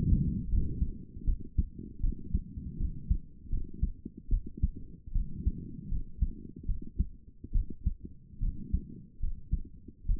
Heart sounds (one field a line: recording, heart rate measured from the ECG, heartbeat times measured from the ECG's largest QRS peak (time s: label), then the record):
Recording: heart sounds by stethoscope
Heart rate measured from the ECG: 75 bpm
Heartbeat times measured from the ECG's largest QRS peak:
0.49 s: heartbeat
1.24 s: heartbeat
2.00 s: heartbeat
2.77 s: heartbeat
3.49 s: heartbeat
4.29 s: heartbeat
5.12 s: heartbeat
5.88 s: heartbeat
6.65 s: heartbeat
7.52 s: heartbeat
8.39 s: heartbeat
9.19 s: heartbeat
10.06 s: heartbeat
From the record:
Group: healthy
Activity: rest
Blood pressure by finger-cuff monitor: 150/79 mmHg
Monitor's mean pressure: 102 mmHg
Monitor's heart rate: 77 bpm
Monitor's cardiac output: 7.5 L/min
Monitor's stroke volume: 98 mL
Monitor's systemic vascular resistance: 1010 dyn s/cm5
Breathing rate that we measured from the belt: 21 breaths a minute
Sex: female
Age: 22 years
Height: 154 cm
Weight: 58.7 kg